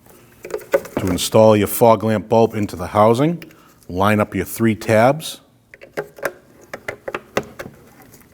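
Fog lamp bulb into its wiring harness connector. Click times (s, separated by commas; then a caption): 0.7 s. A new fog lamp bulb for a 2013-2016 Ford Escape is pushed into its plastic wiring harness connector until the retaining clip latches, giving a sharp click at 0.7 s that shows it has seated. Someone then talks, and a series of short clicks and taps follows between about 6.0 and 7.4 s.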